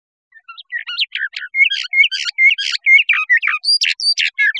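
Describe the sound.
Bird song, a fast, varied run of chirps, whistled slurs and buzzy notes that starts softly and grows louder, with pitch climbing toward the end.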